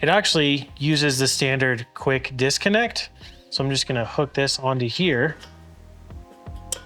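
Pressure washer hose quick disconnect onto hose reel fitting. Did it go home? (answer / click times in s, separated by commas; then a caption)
yes / 6.7 s. A steel braided pressure washer hose is hooked onto the hose reel's standard quick disconnect coupling while someone talks. After the talking stops, a quiet tick comes at 6.1 seconds. The metal coupling then snaps on with a sharp click at 6.7 seconds, and the coupling is seated and secure.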